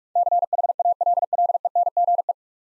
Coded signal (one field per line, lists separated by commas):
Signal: Morse code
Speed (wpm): 44 wpm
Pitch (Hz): 700 Hz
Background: none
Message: CHALLENGE